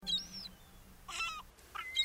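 Gull calls: a few short nasal squealing notes spread throughout.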